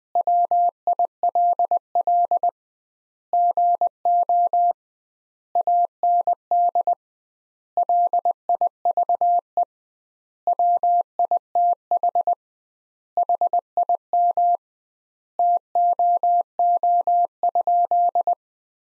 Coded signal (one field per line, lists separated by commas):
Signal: Morse code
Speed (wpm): 20 wpm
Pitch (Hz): 700 Hz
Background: none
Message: WILL GO AND LIVE WITH HIM TOO?